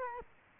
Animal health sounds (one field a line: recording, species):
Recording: mosquito wingbeat signal from an infrared sensor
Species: Culex quinquefasciatus